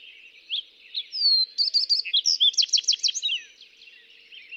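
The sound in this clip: Fox sparrow song starting with soft notes, then a long slurred whistle and a rapid series of clear, ringing notes before trailing off.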